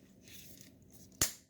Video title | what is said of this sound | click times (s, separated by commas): Cleaning Fuel Injectors (On-Vehicle) Mustang with Home Made Tool Part 2 | it up from the bottom there and you'll hear it snap and push | 1.2 s